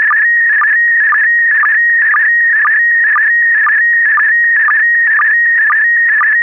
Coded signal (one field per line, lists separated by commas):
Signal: SSTV (slow-scan television)